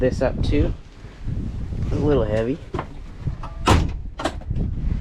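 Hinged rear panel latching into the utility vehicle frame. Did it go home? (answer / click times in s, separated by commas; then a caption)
yes / 3.7 s. Someone talks while lifting a heavy hinged panel on the rear cab/bed area of a 2022 Honda Pioneer Trail Edition 1000 side-by-side. A loud knock-like hit sounds at 3.7 s as the panel latches and locks into place in the vehicle frame.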